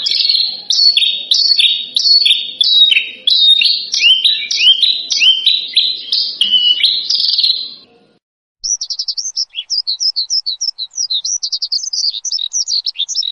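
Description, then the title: Javan bush lark giving dense, repeated buzzy chirps for about eight seconds; after a short gap comes a run of thinner, quick, high twittering notes. Lure recording played to prompt birds to sing; described as gacor, meaning singing vigorously and persistently. "PANCINGAN Suara BURUNG Branjangan Gacor"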